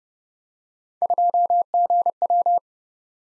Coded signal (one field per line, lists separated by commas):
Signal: Morse code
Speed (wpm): 30 wpm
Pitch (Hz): 700 Hz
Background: none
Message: 2GW